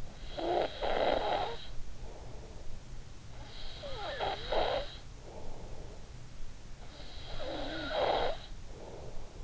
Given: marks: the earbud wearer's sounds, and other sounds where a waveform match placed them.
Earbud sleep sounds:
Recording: sounds in sleep by an in-ear microphone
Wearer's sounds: snoring breath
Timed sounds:
0.00-2.31 s: snoring breath
3.11-6.14 s: snoring breath
6.95-9.26 s: snoring breath

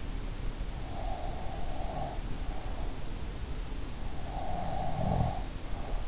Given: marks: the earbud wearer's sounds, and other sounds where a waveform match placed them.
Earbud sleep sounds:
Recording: sounds in sleep by an in-ear microphone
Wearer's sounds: breath, snoring breath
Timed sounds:
0.95-2.83 s: breath
4.37-5.99 s: breath
4.91-5.38 s: snoring breath

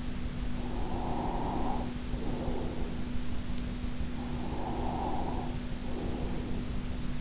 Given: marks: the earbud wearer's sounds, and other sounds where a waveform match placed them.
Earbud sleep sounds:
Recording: sounds in sleep by an in-ear microphone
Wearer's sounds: breath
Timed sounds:
0.66-3.14 s: breath
4.05-6.95 s: breath

